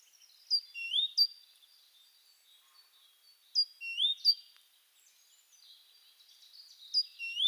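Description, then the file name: Great tit calls, several quick high sweeping notes pairing a sharp downslur with a rising squeak, repeated in bursts roughly every three seconds. "Parus major"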